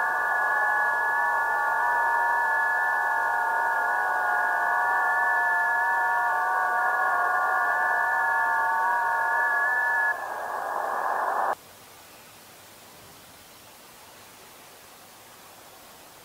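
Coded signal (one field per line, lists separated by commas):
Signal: FT8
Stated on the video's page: Received live off-air with a wideband active antenna (200 kHz–1100 MHz) on an SDR receiver.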